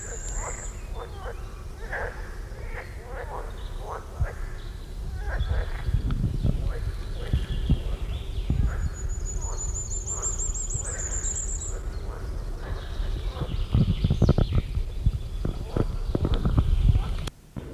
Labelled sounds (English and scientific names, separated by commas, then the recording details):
Edible Frog (Pelophylax esculentus) call
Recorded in the wild
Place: Feldberg - Lüttenhagen, Mecklenburgische Seenplatte, Mecklenburg, DE
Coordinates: 53.3333, 13.3833
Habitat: beech forest
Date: 1976-06-23 17:53
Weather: diesig, 22°C
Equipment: Uher CR 210, Sennheiser MD 421 HL, Verstärker, Reflektor, Kopie Uher 4200
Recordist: Tembrock, Günter